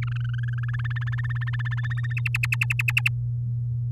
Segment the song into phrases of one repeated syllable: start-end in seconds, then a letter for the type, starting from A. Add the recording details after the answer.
0.02-0.98 A, 1.01-2.13 B, 2.17-3.09 C. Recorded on 10 May 2018 at 15:45. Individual llb16